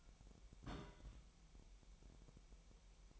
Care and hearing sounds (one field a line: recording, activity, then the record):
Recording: daily activity, microphone in the room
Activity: place on stove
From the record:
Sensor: 1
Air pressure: 1002.0 hPa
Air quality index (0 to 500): 245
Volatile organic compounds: 49 ppm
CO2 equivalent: 3281 ppm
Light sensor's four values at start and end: 5/12/5/5 and 5/12/5/5